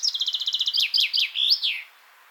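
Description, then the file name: Common chaffinch song, a fast trill of short high notes followed by several slower descending phrases and a final flourish. "Fringilla coelebs"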